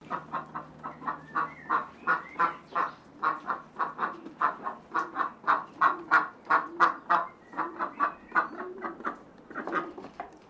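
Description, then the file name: Pekin duck quacking: a long run of nasal, raspy quacks, roughly three per second, uneven in loudness, continuing throughout with slight pauses. Sequence of quacks. "BIRD DUCK PEKING QUACK SEQUENCE"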